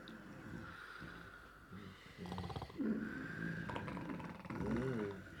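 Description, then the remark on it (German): Several men in a ship's cabin snore over one another, as if competing, trading rough, rasping inhales and throaty, rattling snorts in an uneven, overlapping rhythm that grows louder toward the end. “Aber dann, als die Männer wieder in ihrer Kajüte waren, begannen sie plötzlich um die Wette zu schnarchen.”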